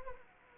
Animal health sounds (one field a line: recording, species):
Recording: mosquito wingbeat signal from an infrared sensor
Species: Anopheles arabiensis